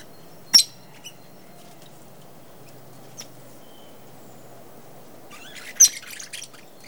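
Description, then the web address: Parrot calls: one sharp, high squeak early on, a few faint clicks, then a short burst of scratchy chattering near the end over a steady low hum. "попугай"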